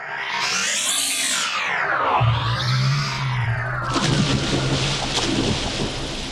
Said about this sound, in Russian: Погрузим бултых в воду у самого берега, и ты сам все поймешь.